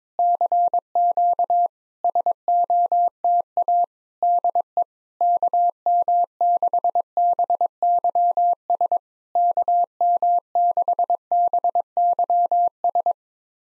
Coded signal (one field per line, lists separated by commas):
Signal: Morse code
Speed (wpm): 22 wpm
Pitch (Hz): 700 Hz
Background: none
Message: CQ SOTA DE KM6BYS KM6BYS